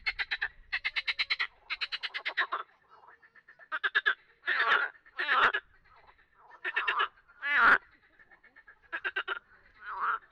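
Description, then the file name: Frog calls: rattling pulsed trains and short nasal bursts, with one sharper sweeping call late on. "grenouilles"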